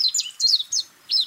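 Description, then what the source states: Warbling white-eye song: a few high, quick slurred notes in short bursts separated by brief pauses. Recorded on the Senami coast, Niigata Prefecture, Japan.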